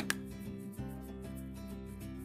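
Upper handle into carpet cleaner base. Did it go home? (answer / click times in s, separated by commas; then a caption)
yes / 0.1 s. The plastic upper handle of a BISSELL ProHeat 2X Revolution Pet Pro deep cleaner is pushed into the top of the base, giving a sharp, short click at 0.1 s over steady background music. A softer knock follows near 0.8 s. The handle is seated in the base.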